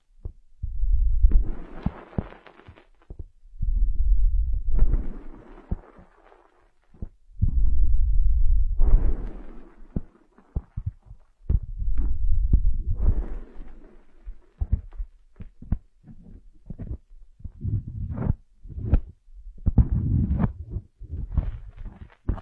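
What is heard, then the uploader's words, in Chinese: Ear massage: muffled rubbing strokes that rumble low and carry a soft rustle on top, each lasting a second or two with short quiet gaps. After about fifteen seconds the motion turns quicker, into shorter pats and rubs with scattered sharp taps. 按摩耳朵，一些让人放松的声音。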